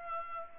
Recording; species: mosquito wingbeat signal from an infrared sensor; Culex pipiens